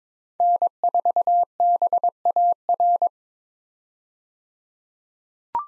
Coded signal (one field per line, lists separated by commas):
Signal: Morse code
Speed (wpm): 22 wpm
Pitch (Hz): 700 Hz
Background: none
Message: N4BAR